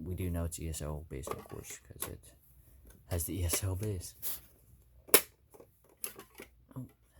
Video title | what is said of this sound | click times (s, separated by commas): Top 10 2024 Smoke alarm acquisitions (read description) | that did not click on correctly | none